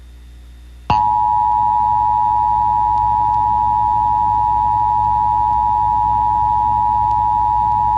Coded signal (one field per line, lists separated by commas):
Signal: Emergency Alert System (SAME) tones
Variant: 853 and 960 Hz attention tone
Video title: Hilarious Tornado Warning EAS Mock-up!!!